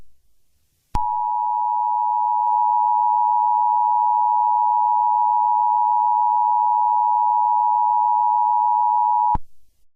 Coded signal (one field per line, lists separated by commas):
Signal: Emergency Alert System (SAME) tones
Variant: 853 and 960 Hz attention tone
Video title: Eas scenario 4 Jaxe